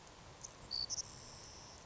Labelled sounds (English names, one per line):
Savannah Sparrow